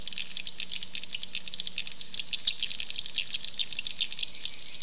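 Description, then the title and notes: Swiftlet calls: a series of short arched high whistles early on, over a hissing twittering background, with a low hum in the first half. Swiftlet sound used in swiftlet farming in Asia. "Swiflet Bird Sound. Farming Swiflet Bird asia sound"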